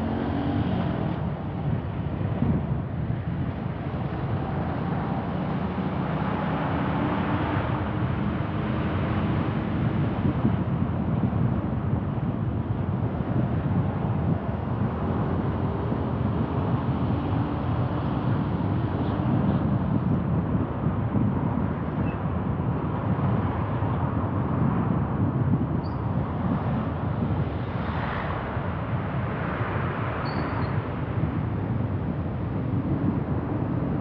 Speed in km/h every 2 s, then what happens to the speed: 20, 21, 23, 25, 28, 30, 32, 33, 34, 35, 35, 31, 28, 26, 29, 32, 35.
0-17 speeds up to 35. 17-27 slows to 26. 27-34 speeds up to 35.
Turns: 0-4.